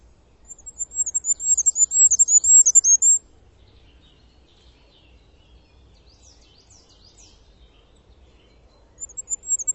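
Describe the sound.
Bird giving a rapid run of very high, thin arched chirps for about three seconds, then faint scattered notes, and a fresh burst beginning at the end.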